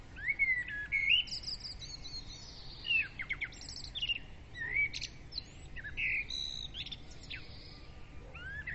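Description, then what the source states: Birds in a busy chorus, clear rising whistles mixed with sharp chirps throughout. Dawn chorus of birds, recorded with a ZOOM recorder.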